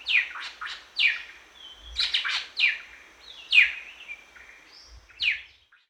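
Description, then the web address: Greater racket-tailed drongo giving varied metallic calls, clipped downslurred notes and short level whistles, delivered in quick irregular bursts. Recorded at Danum on 1 January 2008. "DANUM 20080101. greater racket-tailed drongo"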